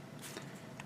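A plastic model-kit part that locks into the head/body assembly is worked out of its locking socket with some effort, with faint handling noise throughout. It pops free with a single small click at 0.8 s and is released from its lock.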